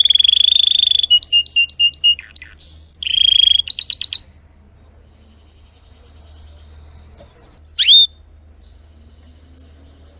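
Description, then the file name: Canary (Spanish Timbrado): canary song of bell-like notes and rolling trills for about four seconds, then near silence with two short sharp chirps and a low hum. Domestic canary singing, described as Belgian Spanish Timbrado. "canto do canario belga timbrado espanhol"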